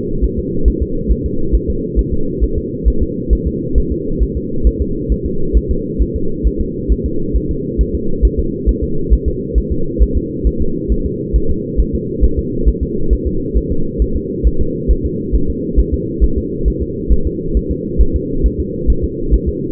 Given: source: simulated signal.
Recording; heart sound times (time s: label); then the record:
fetal heart sounds
0.24 s: S1
0.39 s: S2
0.68 s: S1
0.82 s: S2
1.11 s: S1
1.26 s: S2
1.55 s: S1
1.70 s: S2
1.99 s: S1
2.14 s: S2
2.43 s: S1
2.58 s: S2
2.88 s: S1
3.03 s: S2
3.33 s: S1
3.47 s: S2
3.78 s: S1
3.92 s: S2
4.23 s: S1
4.37 s: S2
4.67 s: S1
4.82 s: S2
5.12 s: S1
5.26 s: S2
5.57 s: S1
5.71 s: S2
6.02 s: S1
6.16 s: S2
6.47 s: S1
6.61 s: S2
6.92 s: S1
7.06 s: S2
7.36 s: S1
7.51 s: S2
7.81 s: S1
7.95 s: S2
8.25 s: S1
8.39 s: S2
8.69 s: S1
8.83 s: S2
9.13 s: S1
9.28 s: S2
9.58 s: S1
9.72 s: S2
10.02 s: S1
10.17 s: S2
10.47 s: S1
10.61 s: S2
10.92 s: S1
11.06 s: S2
11.36 s: S1
11.50 s: S2
11.80 s: S1
11.95 s: S2
12.24 s: S1
12.39 s: S2
12.68 s: S1
12.83 s: S2
13.13 s: S1
13.27 s: S2
13.57 s: S1
13.72 s: S2
14.02 s: S1
14.16 s: S2
14.47 s: S1
14.61 s: S2
14.91 s: S1
15.05 s: S2
15.35 s: S1
15.50 s: S2
15.79 s: S1
15.94 s: S2
16.24 s: S1
16.38 s: S2
16.68 s: S1
16.82 s: S2
17.12 s: S1
17.27 s: S2
17.57 s: S1
17.71 s: S2
18.01 s: S1
18.16 s: S2
18.46 s: S1
18.60 s: S2
18.90 s: S1
19.04 s: S2
19.34 s: S1
19.49 s: S2
From the record:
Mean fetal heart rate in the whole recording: 135 bpm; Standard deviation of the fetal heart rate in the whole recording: 3 bpm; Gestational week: 34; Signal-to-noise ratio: -8.1 dB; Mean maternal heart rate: 72 bpm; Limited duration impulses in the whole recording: absent